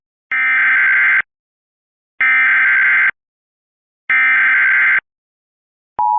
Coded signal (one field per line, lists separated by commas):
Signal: Emergency Alert System (SAME) tones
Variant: header bursts